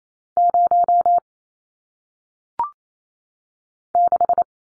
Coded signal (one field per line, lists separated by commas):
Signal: Morse code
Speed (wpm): 28 wpm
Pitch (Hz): 700 Hz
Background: none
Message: 0 6